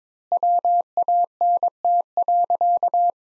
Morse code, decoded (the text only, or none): WANT.